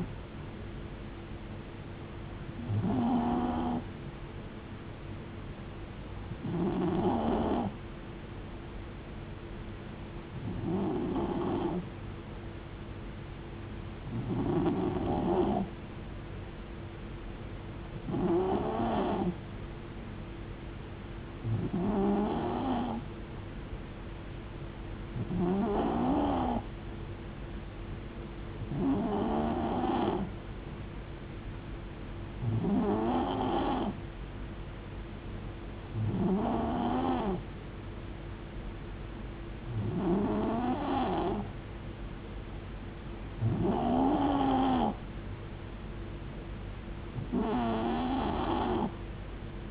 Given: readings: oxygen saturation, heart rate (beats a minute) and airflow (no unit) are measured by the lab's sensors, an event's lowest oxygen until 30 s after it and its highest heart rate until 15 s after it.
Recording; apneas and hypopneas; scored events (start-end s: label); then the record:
breathing in sleep by a voice recorder at the bedside; none
none scored
From the record:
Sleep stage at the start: N3 (deep sleep); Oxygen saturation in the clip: 91 to 92%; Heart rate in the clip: 65 to 76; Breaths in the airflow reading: 13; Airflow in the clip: -4.3 to 2.3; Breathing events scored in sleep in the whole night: 389 in 6.3 hours asleep